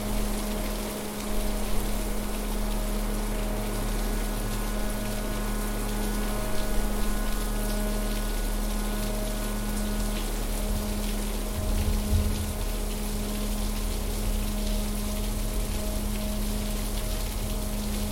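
A steady low drone holds beneath a dense, even hiss of rain, with faint higher tones and a brief low rumble near twelve seconds.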